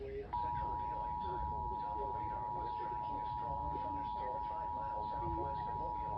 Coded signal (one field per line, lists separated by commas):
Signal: Emergency Alert System (SAME) tones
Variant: 853 and 960 Hz attention tone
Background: speech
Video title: SVR may merge my EAS and Aviation Channel